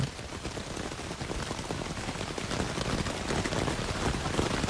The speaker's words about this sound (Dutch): Regent ook nog. Of deze tent.